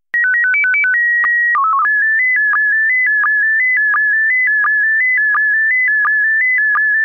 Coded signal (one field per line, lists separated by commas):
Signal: SSTV (slow-scan television)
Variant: PD 90